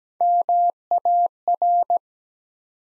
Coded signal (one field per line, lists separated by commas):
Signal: Morse code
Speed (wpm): 17 wpm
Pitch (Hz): 700 Hz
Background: none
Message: MAR